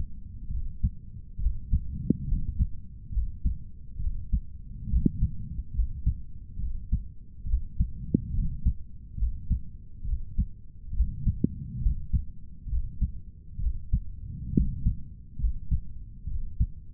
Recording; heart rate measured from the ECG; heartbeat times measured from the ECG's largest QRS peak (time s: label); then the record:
heart sounds by stethoscope; 69 bpm
0.52 s: heartbeat
1.41 s: heartbeat
2.29 s: heartbeat
3.14 s: heartbeat
4.01 s: heartbeat
4.91 s: heartbeat
5.76 s: heartbeat
6.61 s: heartbeat
7.48 s: heartbeat
8.35 s: heartbeat
9.19 s: heartbeat
10.06 s: heartbeat
10.95 s: heartbeat
11.83 s: heartbeat
12.70 s: heartbeat
13.61 s: heartbeat
14.55 s: heartbeat
15.41 s: heartbeat
16.29 s: heartbeat
From the record:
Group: healthy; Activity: rest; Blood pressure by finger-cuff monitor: 145/90 mmHg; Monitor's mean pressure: 105 mmHg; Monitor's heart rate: 69 bpm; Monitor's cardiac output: 7.5 L/min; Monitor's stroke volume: 109 mL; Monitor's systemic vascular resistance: 1040 dyn s/cm5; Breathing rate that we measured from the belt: 19 breaths a minute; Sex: male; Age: 30 years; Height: 188 cm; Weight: 110.2 kg